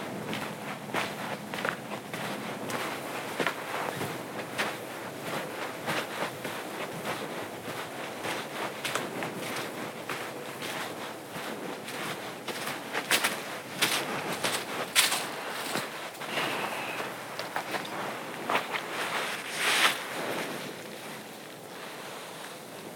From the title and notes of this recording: A Night Hike on Appleton Trail. A pitch-black night hike on the Appleton Trail.